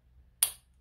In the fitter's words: And then you hear the click. So, right, that's the bull ring opened.